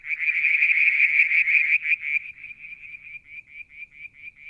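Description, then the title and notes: Frog calling: rapid pulsed notes, loud at first, then thinning to softer separate pulses repeated steadily. Striped marsh frog, Verreaux's tree frog and an unidentified frog, one evening near a water tank at Mount Wilson, New South Wales, Australia, July 2022. "Frog song, Mount Wilson, New South Wales, Australia in July 2022 – by Alexander Moffatt. Limnodynastes Peronii, Litoria Verreauxii and a mystery frog one evening near the water tank"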